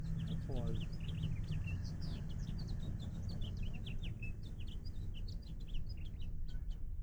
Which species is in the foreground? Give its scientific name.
Haemorhous mexicanus